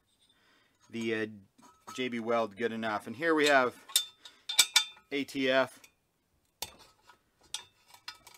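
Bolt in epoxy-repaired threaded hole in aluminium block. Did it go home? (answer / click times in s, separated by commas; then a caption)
no / 6.6 s. A 5/16 bolt threaded into a JB Weld epoxy thread repair in a cast aluminium block is torqued until the repair lets go. Someone talks, followed by a few sharp metallic clicks and ticks. The epoxy-repaired thread breaks free easily at about 6.6 seconds, like the wax-lined hole, leaving the hole stripped.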